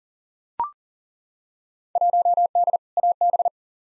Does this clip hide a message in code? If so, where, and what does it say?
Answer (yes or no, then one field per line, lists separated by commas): yes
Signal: Morse code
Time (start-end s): 2.0-3.5 s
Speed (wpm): 40 wpm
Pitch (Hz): 700 Hz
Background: none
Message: 1D AB